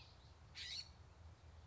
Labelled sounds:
California Scrub-Jay

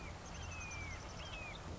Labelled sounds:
Red-shouldered Hawk

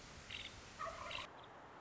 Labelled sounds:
Nuttall's Woodpecker

